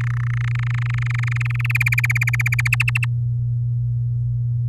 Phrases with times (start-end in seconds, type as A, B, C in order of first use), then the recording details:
0.01-1.72 A, 1.75-2.68 B, 2.72-3.05 C. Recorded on 11 May 2018 at 06:06. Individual llb16